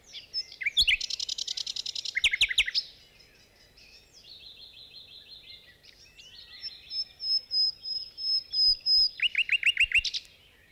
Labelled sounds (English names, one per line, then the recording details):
Common Nightingale song
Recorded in the wild
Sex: male
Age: adult
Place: Dormagen, Nordrhein-Westfalen, DE
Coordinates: 51.08, 6.75
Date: 1986-05-24
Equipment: Sony WM-D6C, Parabolscheibe
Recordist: Skiba, Reinald